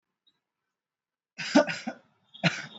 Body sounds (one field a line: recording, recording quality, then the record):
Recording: heavy voluntary cough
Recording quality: moderate, slight background noise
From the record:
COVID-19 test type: RT-PCR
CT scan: not taken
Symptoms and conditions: cough, cold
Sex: male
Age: 20 years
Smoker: no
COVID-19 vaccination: both doses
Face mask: worn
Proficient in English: yes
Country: India